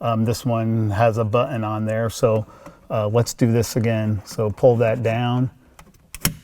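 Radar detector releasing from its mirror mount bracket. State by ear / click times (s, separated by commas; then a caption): released / 6.2 s. Someone talks while pressing the release tab on top of a plastic Uniden R7 radar detector and pulling the detector down off its mirror mount bracket. After a few faint clicks, a sharp little snap sounds at 6.3 s, and the detector releases from the mount.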